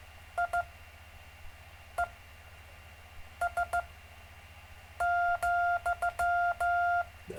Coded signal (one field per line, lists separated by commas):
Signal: Morse code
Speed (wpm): 15 wpm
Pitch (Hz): 700 Hz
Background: none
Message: IES,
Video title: David Casler Live Stream Morse Code 2, 3 Mar 2018